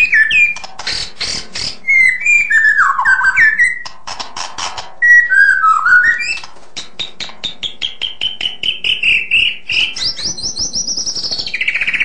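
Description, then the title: White-rumped shama song mixing sharp clicking rattles with looping whistled phrases, then a long run of rapid repeated notes and a final drawn-out whistle. "kicau murai batu panjang"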